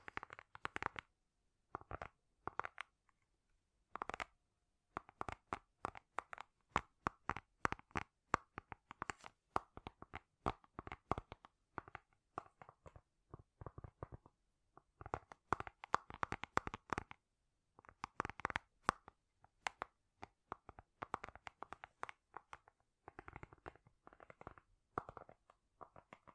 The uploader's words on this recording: ASMR Great Tapping Sounds for Sleep (No Talking).